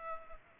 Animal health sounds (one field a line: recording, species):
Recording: mosquito wingbeat signal from an infrared sensor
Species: Culex pipiens